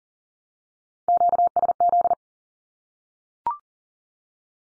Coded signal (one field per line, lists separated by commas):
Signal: Morse code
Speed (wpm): 40 wpm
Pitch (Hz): 700 Hz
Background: none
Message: QSZ